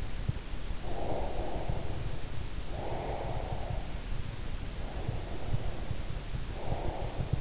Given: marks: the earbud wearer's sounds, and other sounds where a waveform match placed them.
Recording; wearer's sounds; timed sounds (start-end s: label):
sounds in sleep by an in-ear microphone; breath
0.82-3.95 s: breath
4.70-7.41 s: breath